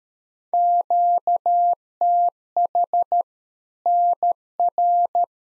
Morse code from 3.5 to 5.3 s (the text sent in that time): NR